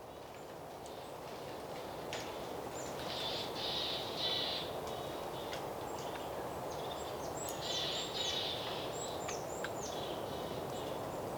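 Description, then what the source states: Goldcrest calls: thin, high-pitched notes in two bursts, with several quick hooked notes, over constant wind noise. Goldcrests in spruces at Rogoźnik, Lesser Poland, Poland, with wind and snow falling from the trees; recorded on MixPre-6 with Sennheiser MKH 30 and 50 microphones in MS setup.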